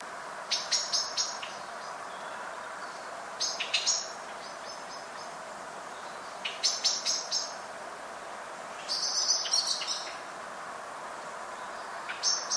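Common blackbird calls: short, sharp, high clicking notes in quick bursts of three to six, repeated every few seconds over a steady rushing background noise.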